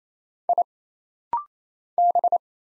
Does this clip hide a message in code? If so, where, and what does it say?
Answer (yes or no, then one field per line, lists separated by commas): yes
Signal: Morse code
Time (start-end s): 0.5-2.4 s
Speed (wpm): 27 wpm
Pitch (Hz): 700 Hz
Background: none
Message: I B